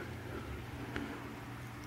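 The blade of a Gerber Remix folding knife is swung open, and a single short, sharp click at 1.0 s marks the steel liner lock in the handle snapping in behind the blade tang over a steady low hum. A flat section on the bottom of the blade lets the liner lock move out as it opens, and the lock catches, holding the blade locked open.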